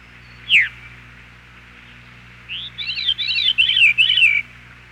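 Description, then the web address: Veery song: one sharp downslurred note, a pause, then a swirling series of rolling, fluty notes spiralling downward, over a faint steady low hum. "101 Bird Songs. Veery"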